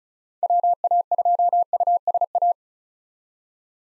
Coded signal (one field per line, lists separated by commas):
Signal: Morse code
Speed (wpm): 36 wpm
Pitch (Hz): 700 Hz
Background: none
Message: WA2USA